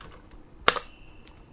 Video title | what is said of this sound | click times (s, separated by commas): How To Install Intel Stock Cooling Fan and CPU Intel LGA1200 socket | you do kind of get two clicks as it goes in | 0.7 s, 0.8 s